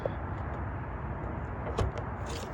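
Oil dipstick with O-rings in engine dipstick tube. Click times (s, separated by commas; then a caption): 0.1 s. A titanium oil dipstick with two 10 by 2 O-rings, one at the very top and one free-floating in the middle, is pushed back into the dipstick tube of a 2006–2011 Honda Civic R18 engine. It seats with a short, sharp pop at 0.1 s over a steady low background hum, and a brief broadband burst follows near 1.8 s.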